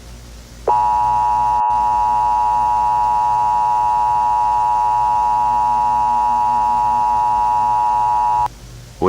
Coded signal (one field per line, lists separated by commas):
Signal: Emergency Alert System (SAME) tones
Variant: 853 and 960 Hz attention tone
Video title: Eas scenario: The malfunction PT 1